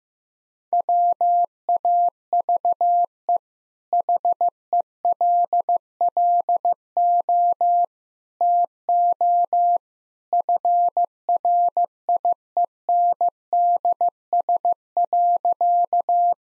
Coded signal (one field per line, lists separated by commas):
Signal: Morse code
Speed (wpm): 15 wpm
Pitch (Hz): 700 Hz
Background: none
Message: WAVE HELLO TO FRIENDS.